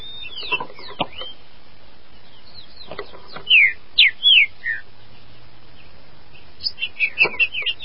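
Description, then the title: Green-winged saltator song: a burst of loud, clear, down-slurred whistles in the middle, with softer whistled phrases before and a quicker run of notes near the end. "Trinca Ferro"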